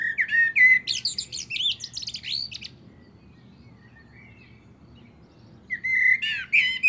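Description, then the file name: Common blackbird song: a mellow whistled phrase ending in a shrill twittering trill, about three seconds of quiet, then another phrase begins. "Turdus merula"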